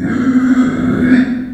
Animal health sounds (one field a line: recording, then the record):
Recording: squeal of a Yucatan mini pig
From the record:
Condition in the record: after surgery on the right vocal fold (resection and tissue-engineered implant)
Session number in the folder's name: 4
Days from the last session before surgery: 26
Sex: female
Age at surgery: 19 weeks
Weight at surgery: 25 kg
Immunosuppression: prednisolone